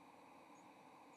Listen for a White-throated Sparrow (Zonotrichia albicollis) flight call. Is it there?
no